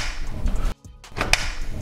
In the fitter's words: see pretty easy it clicked in place and now we just need to screw in these over here so